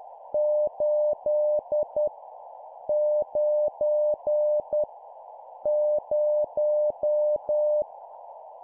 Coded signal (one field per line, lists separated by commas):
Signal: Morse code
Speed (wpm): 10 wpm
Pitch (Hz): 600 Hz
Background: none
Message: 8 9 0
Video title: 10wpm Numbers, cw morse code